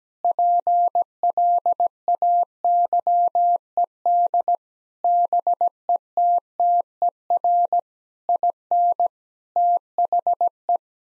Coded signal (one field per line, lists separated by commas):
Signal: Morse code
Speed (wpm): 17 wpm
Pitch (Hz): 700 Hz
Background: none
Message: PLAYED BETTER IN THE